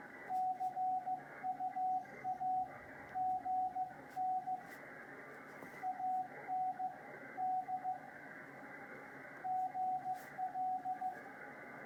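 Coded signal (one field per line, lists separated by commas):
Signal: Morse code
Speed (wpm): 15 wpm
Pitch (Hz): 740 Hz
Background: radio noise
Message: CUAGN AND GL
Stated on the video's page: Real Morse QSO sent on a Hi Mound HK-707 key by an operator relearning code.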